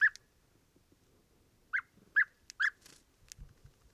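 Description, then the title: European bee-eater making a few rich, burry calls, a quick cluster of three after a pause, with faint clicks and rustles between. Pre-migration gathering at an evening roost in a very large acacia, recorded in the evening and at morning waking, Oasis Mayateg, Adrar, Mauritania, 22 February 2019, Tlp7 and MixPre 3. "Dortoir de Guêpier d'Europe - Mauritanie"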